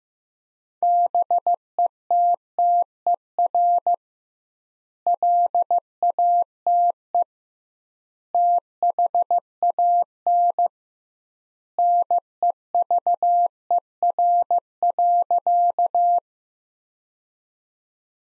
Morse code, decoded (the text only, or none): BETTER LATE THAN NEVER.